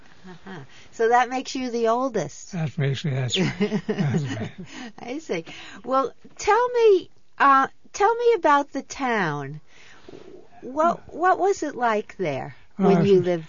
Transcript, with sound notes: Uh-huh. So that makes you the oldest?
That makes me, that's right.
( she laughs ) I see. Well, tell me, uh, tell me about the town. What was it like there when you lived there?